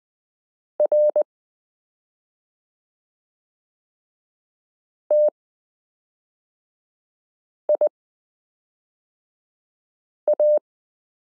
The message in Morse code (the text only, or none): R T I A